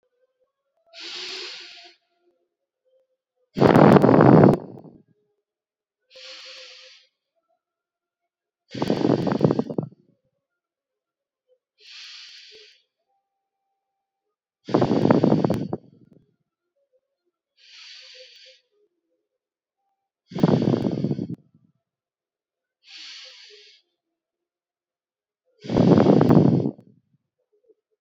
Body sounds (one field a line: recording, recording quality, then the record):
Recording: deep breathing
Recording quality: excellent, no background noise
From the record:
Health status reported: healthy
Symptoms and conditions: cough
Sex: male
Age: 27 years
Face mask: not worn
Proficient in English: yes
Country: India